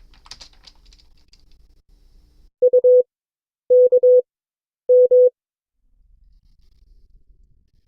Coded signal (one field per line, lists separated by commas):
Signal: Morse code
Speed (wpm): 22 wpm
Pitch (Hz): 500 Hz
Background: none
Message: U K M